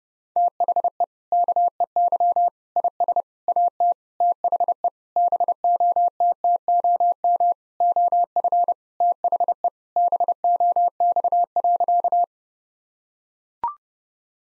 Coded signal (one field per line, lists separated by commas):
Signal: Morse code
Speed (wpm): 30 wpm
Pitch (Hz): 700 Hz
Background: none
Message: THE KEY IS AT THE BOTTOM OF THE BOX.